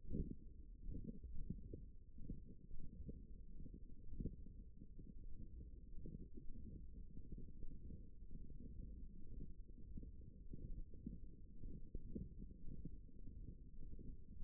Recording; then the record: forearm muscle sounds (acoustic myography)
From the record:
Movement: forearm supination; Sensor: system 1, eight BSWA MPA416 microphones around the upper forearm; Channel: 4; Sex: male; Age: 23 years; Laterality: right